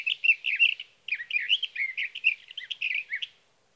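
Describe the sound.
Sage thrasher song in two rushed phrases of tumbling, gurgling whistles split by a short pause, each a dense string of quick notes.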